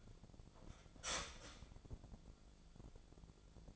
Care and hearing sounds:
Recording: daily activity, microphone in the room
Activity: start toaster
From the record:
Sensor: 5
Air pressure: 1000.3 hPa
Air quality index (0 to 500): 128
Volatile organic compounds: 2 ppm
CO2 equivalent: 1011 ppm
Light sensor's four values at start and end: 83/194/83/90 and 83/194/83/90

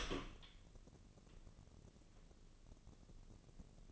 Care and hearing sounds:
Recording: daily activity, microphone in the room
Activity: open door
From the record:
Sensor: 4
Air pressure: 1013.2 hPa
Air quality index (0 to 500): 176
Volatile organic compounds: 2 ppm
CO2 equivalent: 1111 ppm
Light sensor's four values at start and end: 73/178/75/75 and 100/249/102/109

